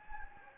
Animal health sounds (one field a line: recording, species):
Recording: mosquito wingbeat signal from an infrared sensor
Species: Anopheles gambiae